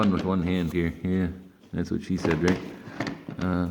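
Someone talks while handling an SW-MOTECH day pack tank bag, positioning it onto the tank-ring mount of a motorcycle tank. Nothing has seated or clicked yet.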